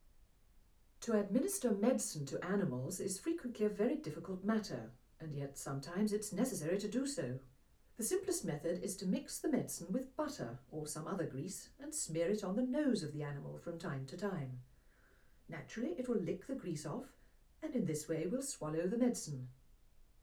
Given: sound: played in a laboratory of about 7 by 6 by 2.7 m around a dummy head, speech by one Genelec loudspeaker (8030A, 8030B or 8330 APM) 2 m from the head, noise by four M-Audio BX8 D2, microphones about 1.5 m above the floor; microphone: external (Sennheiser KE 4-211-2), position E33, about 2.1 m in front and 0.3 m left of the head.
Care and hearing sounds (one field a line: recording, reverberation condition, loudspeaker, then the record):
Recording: female speech in English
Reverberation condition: low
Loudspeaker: 150 degrees to the left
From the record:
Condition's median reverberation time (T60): about 310 ms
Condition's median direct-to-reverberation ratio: about 3.5 dB